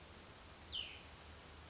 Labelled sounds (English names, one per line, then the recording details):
Cassin's Vireo
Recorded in Sonoma County, California